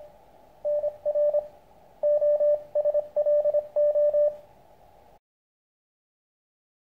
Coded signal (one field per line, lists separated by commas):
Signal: Morse code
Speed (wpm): 24 wpm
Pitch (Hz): 590 Hz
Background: radio noise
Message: NR OSLO